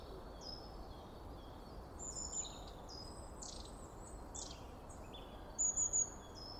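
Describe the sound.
Bird song: several high, thin whistles and chirps with scattered short notes over soft background hiss.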